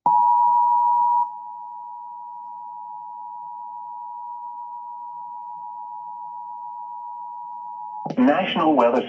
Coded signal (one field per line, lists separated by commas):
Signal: Emergency Alert System (SAME) tones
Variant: 853 and 960 Hz attention tone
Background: speech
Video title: Severe Thunderstorm Warning EAS#141